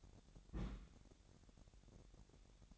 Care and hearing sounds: daily activity, microphone in the room; place on stove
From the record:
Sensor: 3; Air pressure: 1012.0 hPa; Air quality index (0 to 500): 212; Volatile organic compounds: 4 ppm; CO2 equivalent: 1586 ppm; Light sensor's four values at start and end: 103/243/101/91 and 102/242/101/91

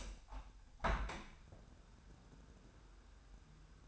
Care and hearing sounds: daily activity, microphone in the room; open window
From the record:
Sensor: 2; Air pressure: 999.7 hPa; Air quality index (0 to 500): 219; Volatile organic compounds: 48 ppm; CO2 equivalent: 3263 ppm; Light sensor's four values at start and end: 8/19/8/8 and 8/20/8/8

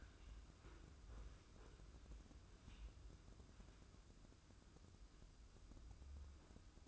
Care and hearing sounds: daily activity, microphone in the room; wipe stove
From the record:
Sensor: 2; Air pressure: 996.0 hPa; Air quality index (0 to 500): 91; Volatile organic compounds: 4 ppm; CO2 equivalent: 1669 ppm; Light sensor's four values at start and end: 23/76/29/28 and 23/76/29/28

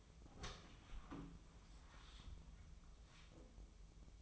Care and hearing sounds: daily activity, microphone in the room; open door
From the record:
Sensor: 1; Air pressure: 1005.0 hPa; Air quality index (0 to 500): 91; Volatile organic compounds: 2 ppm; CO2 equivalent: 1240 ppm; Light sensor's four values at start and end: 10/25/10/10 and 10/25/10/11

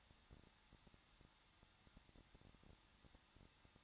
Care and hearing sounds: daily activity, microphone in the room; no activity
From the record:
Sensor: 3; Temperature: 21.2 degrees Celsius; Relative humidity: 36.3%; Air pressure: 1006.3 hPa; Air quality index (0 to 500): 222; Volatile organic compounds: 41 ppm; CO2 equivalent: 3172 ppm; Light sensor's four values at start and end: 2/3/2/2 and 2/3/2/2

